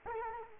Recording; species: mosquito wingbeat signal from an infrared sensor; Culex quinquefasciatus